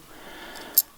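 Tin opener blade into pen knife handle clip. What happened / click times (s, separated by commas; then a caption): A small folding blade snapped into its spring clip / 0.8 s. The tin opener blade of an old Boker Japanese Army pen knife is swung into position on the handle, where a small spring clip holds it. After a quiet stretch of low background hiss, a single short, sharp, bright click sounds at 0.8 s as the blade seats in the clip.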